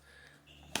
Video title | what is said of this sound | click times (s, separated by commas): Battle For the Best Color eReader: Nova Air C vs Bigme Galy | so you just take the device you place it on top it basically snaps into place | 0.8 s